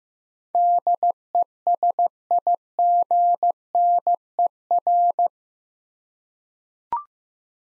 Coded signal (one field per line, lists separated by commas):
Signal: Morse code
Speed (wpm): 15 wpm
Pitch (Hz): 700 Hz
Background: none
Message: DESIGNER